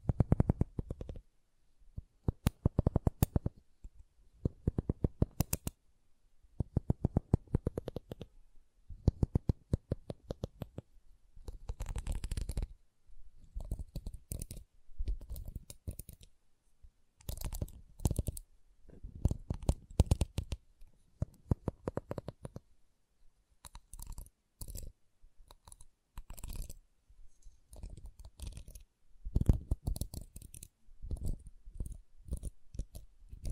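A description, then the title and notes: Wood triggers: quick tapping and clicking on wood, coming in dense bursts a second or two long separated by short pauses. The taps are sharp and crisp with some deeper knocks, and a softer rustling runs between clusters, growing busier and more scattered after about twenty seconds. ASMR Calming Wood Triggers for Sleep (No Talking).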